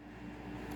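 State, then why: Not seated. A plastic LEGO window pane is handled against its toy brick window frame, with a low steady hum and faint handling rustles and a brief slightly louder touch near 0.8 seconds. Nothing has seated or clicked into the frame yet.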